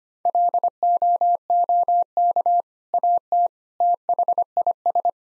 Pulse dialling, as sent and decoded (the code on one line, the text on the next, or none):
none